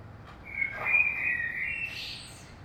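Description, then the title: Common blackbird song: a rich mellow whistled phrase that swells and holds, ending in a thin, high squeaky flourish. Saint-Gilles, Belgium; early morning; recorded with DPA 2006c microphones in AB stereo into a Zoom F3. "Saint-Gilles, Belgique - Blackbird - Merle"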